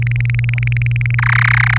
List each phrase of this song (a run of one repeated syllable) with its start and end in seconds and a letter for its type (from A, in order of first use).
0.02-1.15 A, 1.18-1.78 B